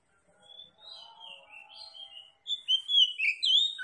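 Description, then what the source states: Oriental magpie-robin song: soft whistled phrases at first, then louder, sweeter whistles rising and falling quickly near the end. Tretes kacer, singing vigorously (gacor).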